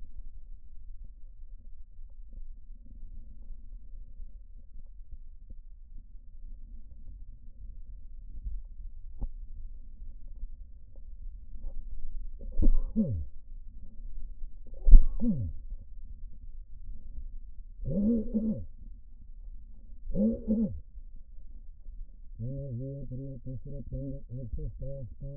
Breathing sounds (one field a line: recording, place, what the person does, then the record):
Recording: lung sounds by stethoscope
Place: left posterior apical chest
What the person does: quiet breathing, then cough and speech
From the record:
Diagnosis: pulmonary infection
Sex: male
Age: 54 years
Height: 187 cm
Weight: 95 kg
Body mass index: 27.2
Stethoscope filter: diaphragm mode